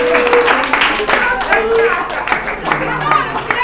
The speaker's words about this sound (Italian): Io farei un bel applauso. Bravo.